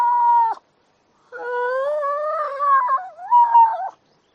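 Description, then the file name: Seal moaning: a short tonal cry, a pause, then a longer wavering wail that dips and rises in pitch before breaking off. "audio hero Seal"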